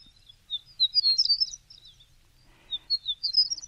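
Horned Lark song, high tinkling twittering phrases of quick thin notes, a pause, then another short burst of tinkling notes.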